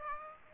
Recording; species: mosquito wingbeat signal from an infrared sensor; Aedes aegypti